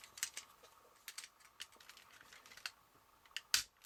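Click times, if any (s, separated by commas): 3.5 s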